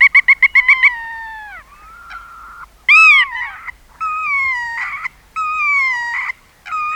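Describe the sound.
Black-tailed godwit calls: a rapid stuttering series of notes, then one loud arched call and several long, level, nasal notes.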